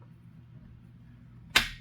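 The rear main bearing cap on an LS 5.3 engine block is lowered and pressed or tapped onto its dowels over the crankshaft, into the block's main saddle. After a quiet, low background hum, a single sharp, bright metallic knock rings out at 1.6 s and decays over the final quarter second. The cap seats in place at 1.6 s.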